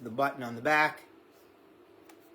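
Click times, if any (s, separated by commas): 2.1 s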